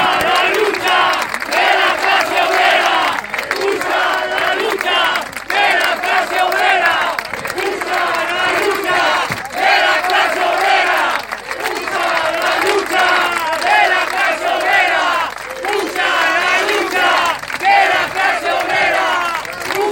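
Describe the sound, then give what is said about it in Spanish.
A large crowd cheers and shouts continuously, welcoming a hunger striker as he comes out in the evening, a loud, dense wall of overlapping voices with rising bursts of yelling and no pauses. “era recibido por un montón de gente con este sonido y esto. Los gritos.”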